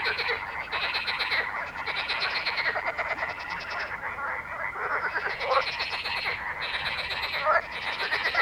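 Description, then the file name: Frogs croaking in a dense chorus, many overlapping pulsed rattling calls forming a continuous wall of sound with bursts of higher buzzy notes. Frog ambience. "atmos frogs"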